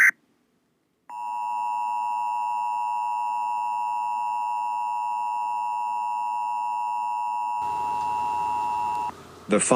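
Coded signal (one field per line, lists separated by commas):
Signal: Emergency Alert System (SAME) tones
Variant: 853 and 960 Hz attention tone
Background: speech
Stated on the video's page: Fictional EAS scenario, simulated alert tones.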